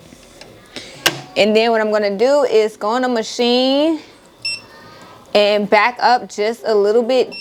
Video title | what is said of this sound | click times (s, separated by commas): Small Business Vlog:Work With Me On A Appliqué Mama Embroidery Sweatshirt - Ricoma EM1010 StepByStep | bring it up and then I'm just going to put it right back down here and you should hear it click when you put it in | 1.1 s